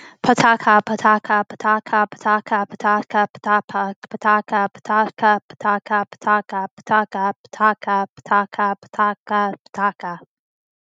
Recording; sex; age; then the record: repeated syllables /pa ta ka/; female; 20 to 29 years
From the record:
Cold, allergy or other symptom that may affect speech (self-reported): yes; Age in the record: 26 years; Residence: Florida, United States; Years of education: 16